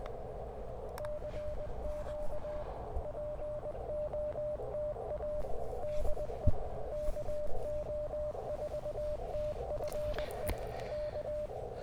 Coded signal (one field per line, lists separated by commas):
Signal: Morse code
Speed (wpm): 23 wpm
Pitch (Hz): 600 Hz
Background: radio noise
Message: CQ POTA DE KO4TFE K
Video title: Quick CW POTA Activation After Work | Kentucky Horse Park #qrp #cw #parksontheair